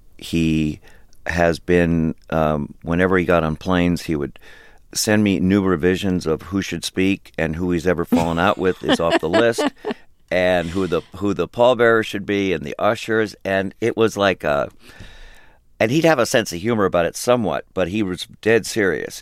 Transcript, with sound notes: He has been, whenever he got on planes, he would send me new revisions of who should speak and who he's ever fallen out with is off the list. (Soundbite of laughter) And who the pallbearers should be, and the ushers, and it was like a - and he'd have a sense of humor about it, somewhat, but he was dead serious.